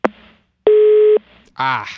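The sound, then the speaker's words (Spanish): A click and faint hum, then one loud, steady mid-pitched telephone busy-tone beep lasting about half a second as a listener's call to a radio call-in show drops, followed by a voice starting to speak. “Se cayó la llamada.”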